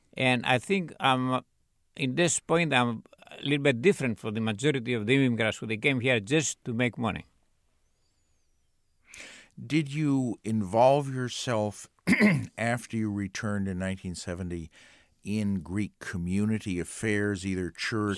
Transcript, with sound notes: And I think, at this point, I am a little bit different from the majority of the immigrants who came here to just make money.
Did you involve yourself, (clears throat) after you returned in 1970, in Greek community affairs, either church...